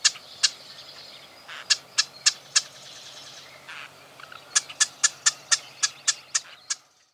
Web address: Marsh Wren